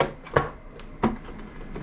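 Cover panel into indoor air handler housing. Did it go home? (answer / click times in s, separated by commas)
yes / 0.0 s, 0.4 s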